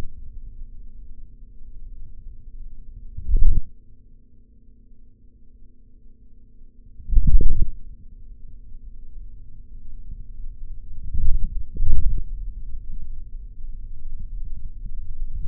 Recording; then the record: forearm muscle sounds (acoustic myography)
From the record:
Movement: forearm supination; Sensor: system 3, bracelet of six PUI Audio POM-2738L microphones around the upper forearm, with dedicated amplification and filtering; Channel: 4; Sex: male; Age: 26 years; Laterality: right